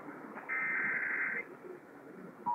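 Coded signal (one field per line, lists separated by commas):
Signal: Emergency Alert System (SAME) tones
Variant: header bursts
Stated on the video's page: Required Monthly Test originated by the state emergency management agency and relayed to all Illinois radio and TV stations.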